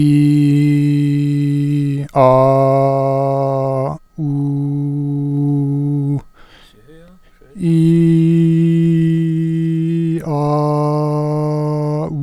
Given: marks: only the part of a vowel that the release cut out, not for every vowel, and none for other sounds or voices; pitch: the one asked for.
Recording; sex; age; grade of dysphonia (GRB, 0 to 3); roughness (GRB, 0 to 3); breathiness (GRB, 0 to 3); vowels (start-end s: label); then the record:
sustained vowels; male; 30 to 39 years; 1; 0; 1
0.00-1.88 s: vowel /i/, normal pitch
2.27-3.80 s: vowel /a/, normal pitch
4.30-6.08 s: vowel /u/, normal pitch
7.95-9.93 s: vowel /i/, high pitch
10.38-11.93 s: vowel /a/, high pitch
From the record:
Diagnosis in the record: healthy voice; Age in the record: 32 years